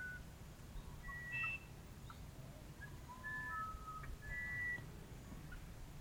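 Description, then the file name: Musician wren song: clear, pure whistled notes jumping between different pitches, each held briefly with short pauses, over a steady low rumble. "uirapuru"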